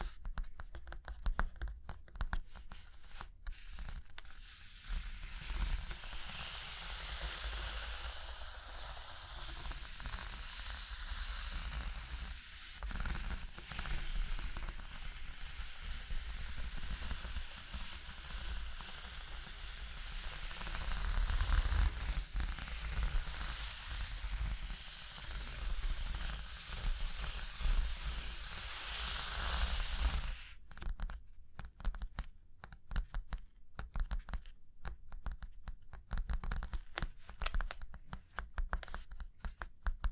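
Surface scratching and tracing sounds, a soft continuous hissy rubbing that fills most of the clip from about five to thirty seconds. Before and after, the texture thins into sparser scratches and light taps, with a low rumble running underneath throughout.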